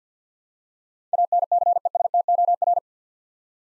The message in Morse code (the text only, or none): ANCESTOR